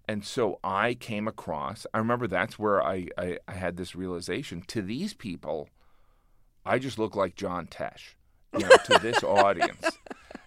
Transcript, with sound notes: And so I came across - I remember that's where I had this realization. To these people, I just looked like John Tesh.
(Laughter).
You know, to this audience.